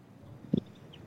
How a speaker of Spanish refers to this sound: Oye, si te guardas silencio un momentito, sentimos pájaros ahí en el fondo, ¿no?